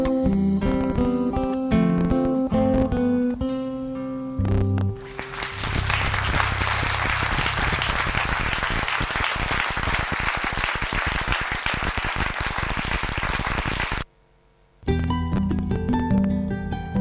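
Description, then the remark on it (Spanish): Audience applause breaks out after a few seconds of music, a dense, steady roar of many hands clapping for about nine seconds, then a brief silence before the music resumes. “Con aplausos incluidos.”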